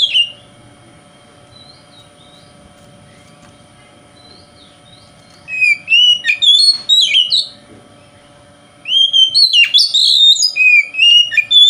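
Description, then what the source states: Oriental magpie-robin song in bursts: a brief note, a long quiet hum-filled gap, then two fast runs of sweeping whistles and chips. Song style called 'konslet' in Indonesian, presented as a song that provokes other magpie-robins.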